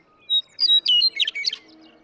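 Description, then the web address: Western meadowlark song: clear whistled opening notes followed by a rapid, bubbling, gurgling warble. "birdsongforthecurious songs Western Meadowlark"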